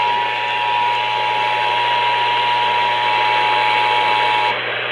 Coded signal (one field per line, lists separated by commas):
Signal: Emergency Alert System (SAME) tones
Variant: 853 and 960 Hz attention tone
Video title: MY DREAMSKY IS ACTIVATED... EAS Alerts From 6/19/26 (EAS#6,106 - 6,125)